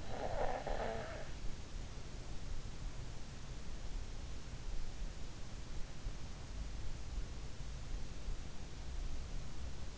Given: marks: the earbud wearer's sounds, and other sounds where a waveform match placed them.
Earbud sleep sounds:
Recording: sounds in sleep by an in-ear microphone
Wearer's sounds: snoring breath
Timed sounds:
0.00-1.62 s: snoring breath

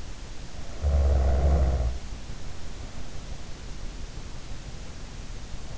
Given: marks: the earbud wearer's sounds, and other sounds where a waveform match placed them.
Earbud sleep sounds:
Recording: sounds in sleep by an in-ear microphone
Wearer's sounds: snoring breath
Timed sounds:
0.72-3.34 s: snoring breath

